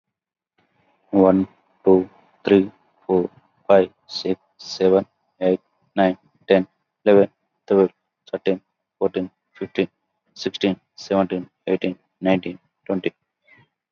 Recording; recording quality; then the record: counting at a normal pace; excellent, no background noise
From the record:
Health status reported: COVID-19 positive, mild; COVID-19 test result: positive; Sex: male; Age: 39 years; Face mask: not worn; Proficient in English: yes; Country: India